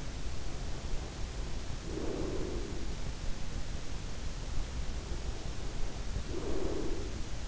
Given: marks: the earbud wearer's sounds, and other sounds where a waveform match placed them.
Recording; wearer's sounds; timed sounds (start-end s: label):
sounds in sleep by an in-ear microphone; breath
0.57-2.96 s: breath
4.89-7.48 s: breath